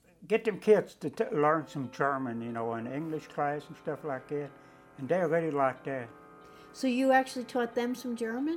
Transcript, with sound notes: get them kids to learn some German. [bells ringing in the background] You know, in English class, and stuff like that, and then, I really liked that.
So you actually taught them some German?